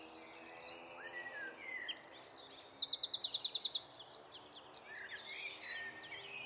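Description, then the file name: Eurasian wren delivering a loud, high-pitched song: staccato chirps, a buzzy burst, a rapid even trill, then rippling twitters trailing off. "Troglodytes troglodytes"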